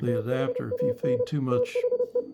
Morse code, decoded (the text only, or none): THAN THE